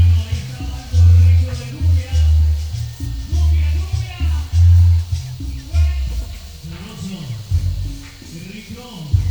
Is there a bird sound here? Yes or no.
no